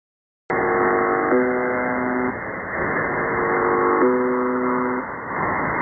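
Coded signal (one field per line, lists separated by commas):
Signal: channel marker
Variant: UVB-76 type buzzer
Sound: hissy shortwave static with two harsh low buzzes, each about one second long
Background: radio static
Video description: could that be the reason that they are now are transmitting on 4810 ? : location is apparently near Changdu in China. it looks stronger also as the old MDZhB (Russian: МДЖБ)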